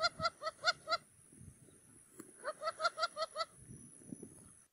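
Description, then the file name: Wattled jacana calling: a run of five strident notes, a pause, then another run of about six, backed by faint low rumbling. Song (canto). "CANTO-DO-JAÇANÂ-Jacana-jacana-Wattled-Jacana"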